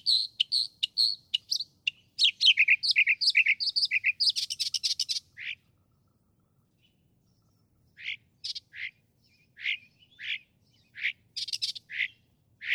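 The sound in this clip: Northern mockingbird song with a dense jumble of varied chirps and rasping notes, then a pause and scattered single high notes.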